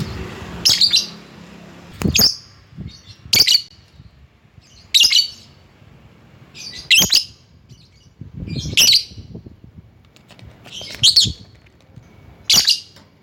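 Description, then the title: Lovebird giving harsh, shrill shrieks, one roughly every one and a half to two seconds, with quiet gaps between them. Lovebird calling a rival. "Lovebird Memanggil Lawan"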